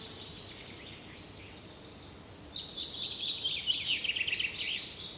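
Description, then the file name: Common chaffinch song: a high trill opens, then a longer run of bright notes that slides downward, over steady background hiss. "Fringilla coelebs"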